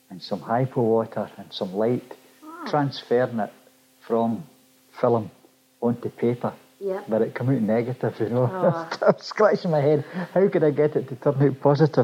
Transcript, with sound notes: Some hypo water and some light, transferring it from film onto paper.
Yeah.
But it come out negative, you know-- [laughs] scratching my head. How can I get it to turn out positive?